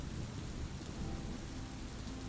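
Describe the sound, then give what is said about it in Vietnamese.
Steady, heavy rain hisses without pause, layered over a thunderclap and a deep, continuous rumble of thunder. The loudness stays even throughout, with no voices. “Nhưng khi đưa tay lên thì trên trời một tiếng sét đánh ầm xuống.”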